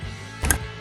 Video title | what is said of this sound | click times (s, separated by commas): DIY 2019-2024 Ford Edge Tail Light Replacement - How To Replace Ford Edge Tail Lights | First things first, we will take this plug and install it back to where it was. Make sure this tap side is facing towards the car, just like that, and to install it properly, make sure you push it to a point where you hear a clicking sound. | 0.4 s, 0.5 s